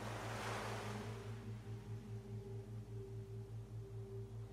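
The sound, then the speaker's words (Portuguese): Ocean waves break on a shore in a rushing wash of surf that swells at the start and fades, leaving a steady low rumble with a soft, regular pulsing throb underneath; no voices. “água é morninha, salgada e poderosa, e você sente seu corpo se limpando ainda mais enquanto as ondas vão batendo.”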